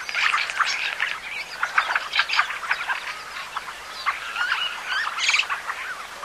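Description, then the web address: Fieldfare song: harsh, chattering notes mixed with squeaky twitters and a few brief whistled slurs, delivered in uneven bursts over a soft noisy background. "bbc Bird Song Site Fieldfare - Litorne, Tourdelle"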